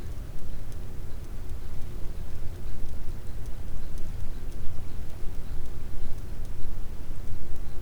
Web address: Physeter Macrocephalus cachalot